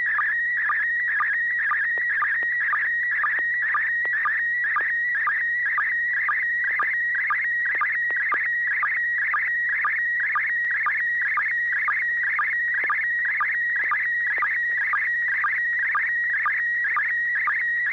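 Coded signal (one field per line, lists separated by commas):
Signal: SSTV (slow-scan television)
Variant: PD120 mode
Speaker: are you ready to send a picture let me check for tone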